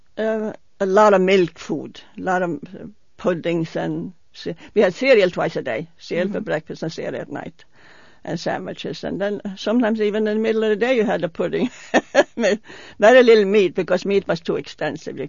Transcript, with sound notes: No, a lot of milk food, a lot of puddings and we had cereal twice a day, cereal for breakfast and cereal at night, and sandwiches and then sometimes even in the middle of the day you had a pudding. (she laughs) Very little meat because meat was too expensive.